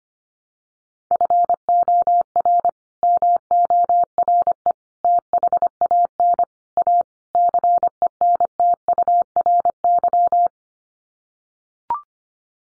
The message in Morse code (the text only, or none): FOR MORE THAN A CENTURY